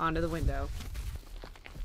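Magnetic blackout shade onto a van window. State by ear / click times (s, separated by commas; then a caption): not seated / none. A magnetic blackout shade made for Sprinter vans is handled as it is brought up to the van's window, while someone talks. Faint handling sounds come near the end. Nothing has seated or snapped into place yet.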